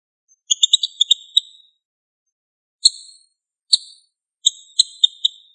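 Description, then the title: Bird song of quick, high twittering trills in short phrases, with one sharp click between them and silence around the notes. "LuckyPassaro Completos2Sama"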